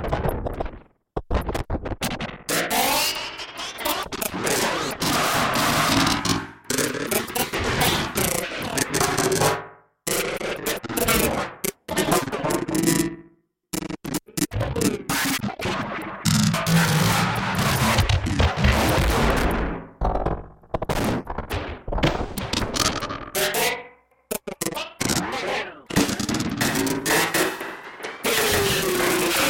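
Harsh percussive textures crackle and rattle densely like rapid gunfire, broken by abrupt drops to silence near 1, 10, 13, 20 and 24 seconds.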